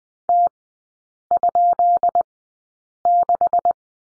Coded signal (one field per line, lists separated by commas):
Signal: Morse code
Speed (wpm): 20 wpm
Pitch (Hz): 700 Hz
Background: none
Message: T?6